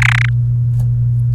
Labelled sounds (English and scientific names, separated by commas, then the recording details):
Domestic Canary (Serinus canaria) song
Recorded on 30 April 2018 at 07:07
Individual llb3